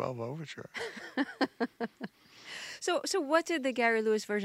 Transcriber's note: laughing